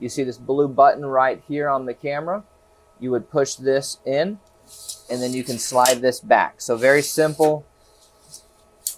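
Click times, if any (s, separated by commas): 8.9 s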